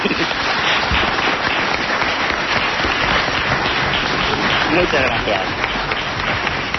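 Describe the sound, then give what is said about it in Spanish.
An audience applauds steadily for several seconds, a dense, even wash of clapping that stays loud throughout, while a voice speaks briefly over it. “Un aplauso muy grande para ti.”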